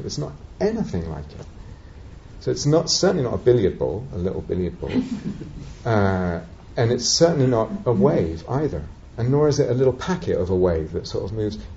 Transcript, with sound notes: It's not anything like it. It's certainly not a billiard ball, a little billiard ball. [laughter] It's certainly not a wave either. Nor is it a little packet of a wave that sort of moves.